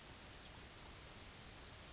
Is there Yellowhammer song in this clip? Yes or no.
no